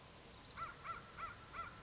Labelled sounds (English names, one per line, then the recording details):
American Crow
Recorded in Sonoma County, California